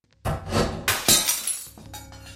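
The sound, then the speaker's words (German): A picture falls to the floor and its glass smashes with a loud crash, followed by a second burst of breaking and scattering shards that tinkle and settle over a couple of seconds. “Man hörte einen Schnappen, so als sei eine Arretierung gelöst worden, und das Zerschellen von Glas.”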